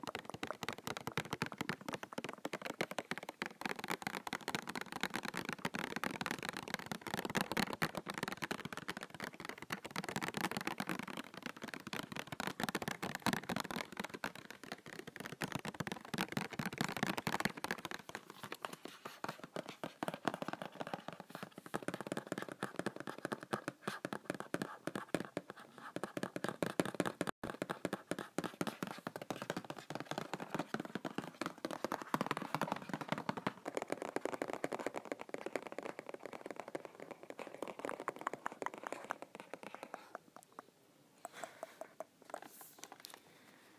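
Fingernails tap and scratch on a box in a dense, continuous stream of quick, irregular clicks and scrapes that runs for the whole clip. The sound is mostly mid to bright with little low end, and its level stays fairly even, with a slight thinning near the end.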